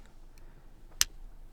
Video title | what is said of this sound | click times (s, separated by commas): SAMSUNG Galaxy Watch 8 40mm – How to Change Straps | Oh, like this. And once it clicks in, it will hold | 1.0 s